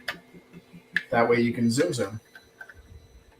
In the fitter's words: and these will actually just snap right in here okay um